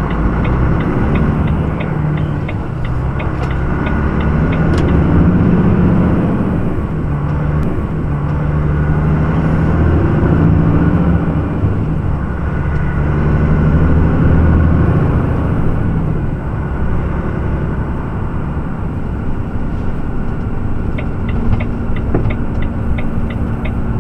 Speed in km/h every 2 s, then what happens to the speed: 13, 13, 17, 18, 21, 23, 25, 26, 25, 28, 29, 26.
0-18 speeds up to 28.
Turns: none.